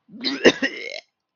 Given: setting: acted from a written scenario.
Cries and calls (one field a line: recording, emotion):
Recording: vocal sound without words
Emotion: disgust